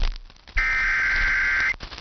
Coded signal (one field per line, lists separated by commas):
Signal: Emergency Alert System (SAME) tones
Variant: header bursts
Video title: EAS Hunting on KiwiSDR!